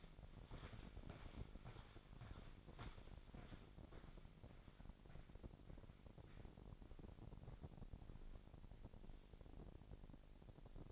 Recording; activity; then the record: daily activity, microphone in the room; walk to room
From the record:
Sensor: 5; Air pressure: 1012.3 hPa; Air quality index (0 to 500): 236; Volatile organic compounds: 4 ppm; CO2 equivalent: 1568 ppm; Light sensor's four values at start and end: 56/128/55/59 and 57/135/56/59